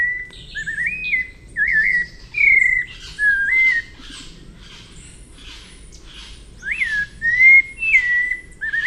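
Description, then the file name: White-necked Thrush song: short clear whistled phrases near one pitch, slurred up and down, given in bursts with pauses. "canto do sabia coleira"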